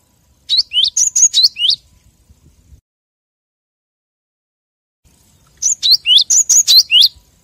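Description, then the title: Lovebird chirping calls, two bursts of rapid, high, squeaky notes with rising and falling twists, separated by a few seconds of quiet. Lovebird call used as a lure for trapping birds. "PIKAT BURUNG LOVEBIRD"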